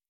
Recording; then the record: hydrophone in a shrimp aquaculture tank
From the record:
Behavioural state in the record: normal